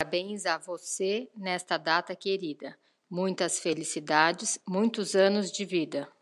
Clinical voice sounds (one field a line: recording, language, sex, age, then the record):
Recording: short text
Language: Brazilian Portuguese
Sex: female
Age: 40 to 49 years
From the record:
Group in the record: control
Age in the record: 47 years